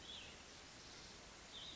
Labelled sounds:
Cassin's Vireo
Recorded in Sonoma County, California

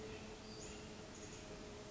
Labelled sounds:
Western Flycatcher
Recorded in Sonoma County, California

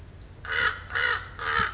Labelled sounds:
Pacific Wren
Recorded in Sonoma County, California

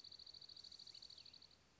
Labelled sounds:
Dark-eyed Junco
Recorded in Sonoma County, California

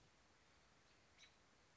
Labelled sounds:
American Robin
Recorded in Sonoma County, California

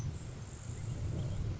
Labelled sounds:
Grasshopper Sparrow
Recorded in Sonoma County, California

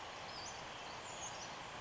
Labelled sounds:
Western Flycatcher
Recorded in Sonoma County, California

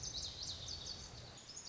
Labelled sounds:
Lazuli Bunting
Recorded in Sonoma County, California

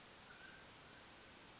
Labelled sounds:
Mountain Quail
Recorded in Sonoma County, California

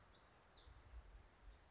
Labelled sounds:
Black-throated Gray Warbler
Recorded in Sonoma County, California

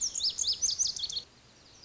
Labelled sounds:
Lazuli Bunting
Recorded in Sonoma County, California

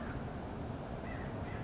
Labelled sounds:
California Quail
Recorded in Sonoma County, California

